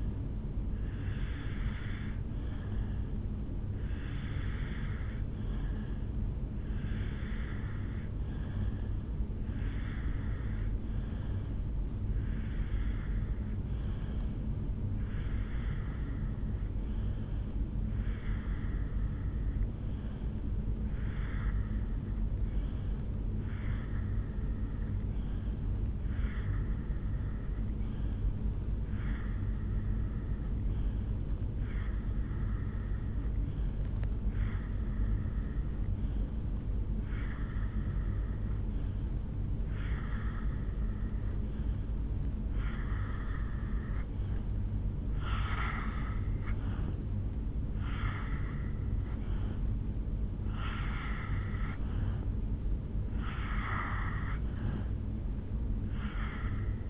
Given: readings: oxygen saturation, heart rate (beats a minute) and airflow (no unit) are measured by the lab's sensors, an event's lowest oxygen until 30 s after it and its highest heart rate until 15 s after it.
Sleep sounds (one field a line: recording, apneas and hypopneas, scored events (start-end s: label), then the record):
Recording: breathing in sleep by a smartphone at the bedside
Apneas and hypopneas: 1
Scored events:
7.00-48.20 s: hypopnea (N1, oxygen 89% highest, then 81% lowest, heart rate 61 at the start, 69 highest)
8.00-56.89 s: new sleep stage, N2 (light sleep)
From the record:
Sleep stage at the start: N1 (lightest sleep)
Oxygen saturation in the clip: 82 to 90%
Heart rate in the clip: 60 to 69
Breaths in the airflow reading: 20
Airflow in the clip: -2.8 to 1.5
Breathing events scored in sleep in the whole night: 449 in 7.0 hours asleep